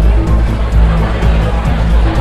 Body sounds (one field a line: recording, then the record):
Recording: background sound without coughing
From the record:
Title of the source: Party Noise 1 Hour Party Ambience